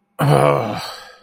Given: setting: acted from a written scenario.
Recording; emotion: vocal sound without words; disappointment